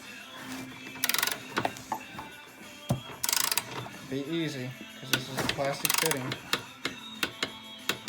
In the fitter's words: You hear that click? We're at 10.